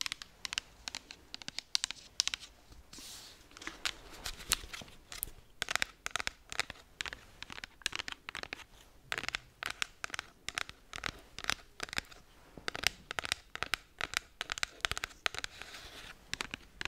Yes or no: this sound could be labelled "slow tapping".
yes